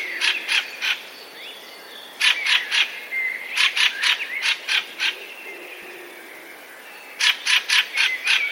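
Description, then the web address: Fieldfare harsh chack calls delivered in rapid runs of several notes, with pauses between runs and faint squeaky notes in the background. "wroblowe kolekcja turdus pilaris"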